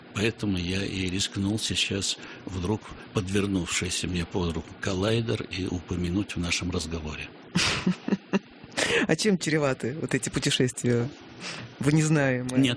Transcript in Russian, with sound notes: Поэтому я и рискнул сейчас вдруг подвернувшийся мне под руку коллайдер и упомянуть в нашем разговоре. (смеется)
А чем чреваты вот эти путешествия в незнаемое?